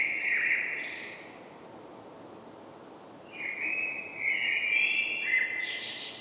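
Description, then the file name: Common blackbird song: a fluted warble ending in a thin, higher squeak, then a second warbling phrase after a pause of about two seconds, over steady background hiss. "Turdus merula"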